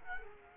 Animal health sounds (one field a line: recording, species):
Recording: mosquito wingbeat signal from an infrared sensor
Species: Culex quinquefasciatus